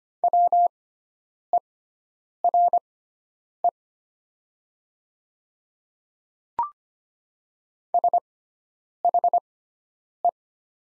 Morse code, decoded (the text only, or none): WERE SHE